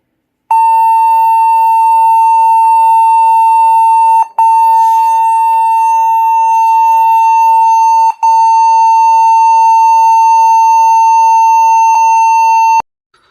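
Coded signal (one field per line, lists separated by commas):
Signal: beep code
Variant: laptop BIOS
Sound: long continuous beep near 900 Hz, briefly interrupted about every four seconds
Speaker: सो फ्रेंड्स क्या आप लैपटॉप में भी इसी तरीके से 20 आ रही है और अगर लैपटॉप में आप जब भी ऑन करते और इसी तरीके से भी पा रही तो आप इस वीडियो को देखकर इसे सॉल्व कर सकते हैं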